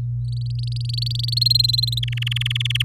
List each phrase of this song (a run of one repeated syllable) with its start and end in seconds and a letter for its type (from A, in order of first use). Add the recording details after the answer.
0.24-1.34 A, 1.36-2.00 B, 2.03-2.82 C. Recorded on 4 May 2018 at 06:25. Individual llb16